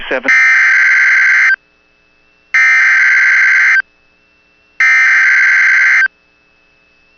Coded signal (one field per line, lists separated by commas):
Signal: Emergency Alert System (SAME) tones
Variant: header bursts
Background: speech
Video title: [EAS] Severe Thunderstorm Watch for Bemidji MN (June 18 2024)